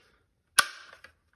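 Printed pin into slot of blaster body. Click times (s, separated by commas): 0.6 s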